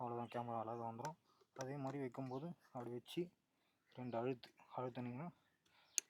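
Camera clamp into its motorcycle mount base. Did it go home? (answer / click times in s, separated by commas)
yes / 6.0 s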